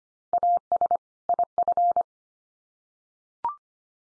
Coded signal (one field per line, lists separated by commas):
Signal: Morse code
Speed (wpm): 25 wpm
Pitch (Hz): 700 Hz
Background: none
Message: AS IF